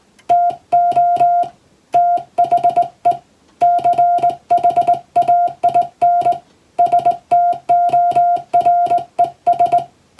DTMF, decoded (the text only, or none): none